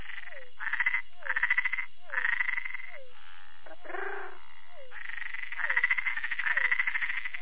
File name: Bokermannohyla luctuosa